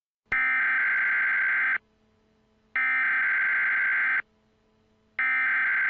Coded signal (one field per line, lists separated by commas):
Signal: Emergency Alert System (SAME) tones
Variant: header bursts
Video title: EAS Mini-Scenario - False Alarm